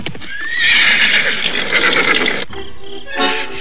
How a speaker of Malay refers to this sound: Tetapi belum sempat lagi Lastri bertanya, dari kejauhan ia mendengar suara derap kuda yang mendatanginya.